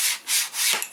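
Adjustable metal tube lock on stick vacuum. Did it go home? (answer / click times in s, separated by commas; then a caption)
yes / 0.8 s. On a Greenote GSC40 3-in-1 rechargeable cordless stick vacuum, the adjustable metal tube is slid to a new length, producing three swells of broadband rubbing, sliding hiss. The metal tube lock is then released and it locks into position with a short, sharp click at 0.8 s.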